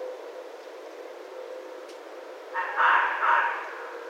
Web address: Red Fox 2012 01 16 Red Fox